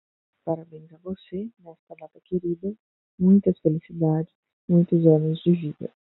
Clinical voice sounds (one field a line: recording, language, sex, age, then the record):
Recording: short text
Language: Brazilian Portuguese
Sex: female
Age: 20 to 29 years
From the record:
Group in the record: control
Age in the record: 25 years